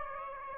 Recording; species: mosquito wingbeat signal from an infrared sensor; Aedes aegypti